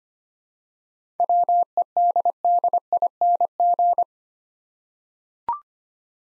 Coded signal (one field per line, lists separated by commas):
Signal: Morse code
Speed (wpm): 25 wpm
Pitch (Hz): 700 Hz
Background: none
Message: WEDDING